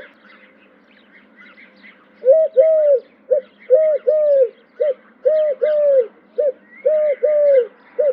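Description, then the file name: Eurasian collared dove calling in repeated three-syllable coos, long-long-short, after a quiet start, with soft chirps of other birds in the background. "Tourterelle turque"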